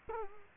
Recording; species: mosquito wingbeat signal from an infrared sensor; Culex quinquefasciatus